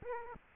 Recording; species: mosquito wingbeat signal from an infrared sensor; Aedes aegypti